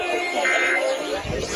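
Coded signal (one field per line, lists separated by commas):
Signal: Emergency Alert System (SAME) tones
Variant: end-of-message bursts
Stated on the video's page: Illinois required monthly test alert relayed on an AM and an FM broadcast station.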